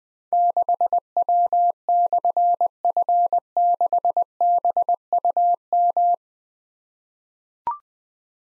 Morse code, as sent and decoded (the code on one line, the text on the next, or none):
-.... .-- -..-. ..-. -.... -... ..- --
6W/F6BUM